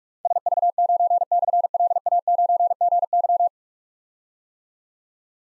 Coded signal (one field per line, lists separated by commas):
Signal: Morse code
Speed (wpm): 44 wpm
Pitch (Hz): 700 Hz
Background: none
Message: SV9/LA9GY